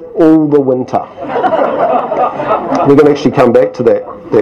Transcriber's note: laughter